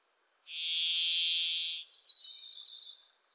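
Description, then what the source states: Varied thrush song: one long, steady buzzy whistle held over a second, then a Wilson's Warbler's quick chattering trill of rising notes. In forests of the Pacific Northwest, singing from deep within the trees; a Wilson's Warbler also singing.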